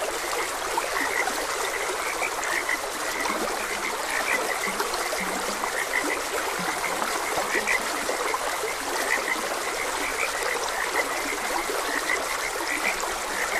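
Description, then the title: Several frogs croak together, bright repeated notes mixed with a few low groaning croaks, against a steady hiss of stream water. Frogs croaking beside a gentle stream. "Gentle Stream and Frogs Croaking"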